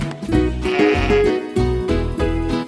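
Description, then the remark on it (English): A sheep bleats in a series of loud, wavering calls, each quavering note rising and falling in a nasal, mid-pitched tone with brief pauses between them. No voices are heard. “A baby sheep is called a lamb.”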